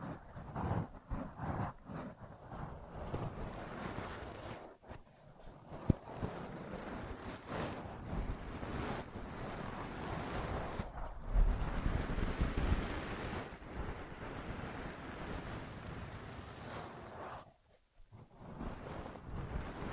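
Ear massage and cleaning sounds: a dense, rushing rub and scrape that swells and fades like surf or wind, full from low to bright. The texture pauses briefly near 5 seconds and again around 17 to 18 seconds, with a single sharp tick near 6 seconds.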